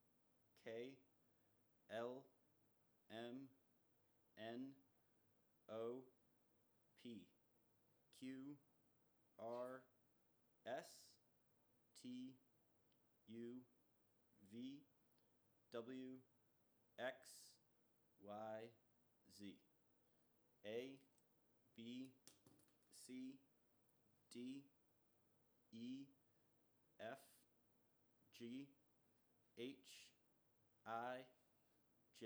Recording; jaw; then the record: letters of the alphabet, spoken; free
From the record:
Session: first day, before the bite bar